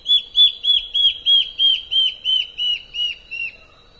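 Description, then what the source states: Black-faced antbird song: a rapid series of about eleven clear, high whistled notes, each dipping slightly, slowing a little and fading toward the end. Nominate subspecies Myrmoborus myotherinus myotherinus.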